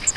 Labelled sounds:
Grace's Warbler (Setophaga graciae) flight call

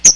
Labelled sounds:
Chestnut-sided Warbler (Setophaga pensylvanica) flight call

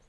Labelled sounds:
Lucy's Warbler (Leiothlypis luciae) flight call

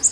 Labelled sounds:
Bay-breasted Warbler (Setophaga castanea) flight call

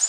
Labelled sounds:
Orange-crowned Warbler (Leiothlypis celata) flight call

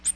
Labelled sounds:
Ovenbird (Seiurus aurocapilla) flight call

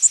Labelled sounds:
Blackpoll Warbler (Setophaga striata) flight call

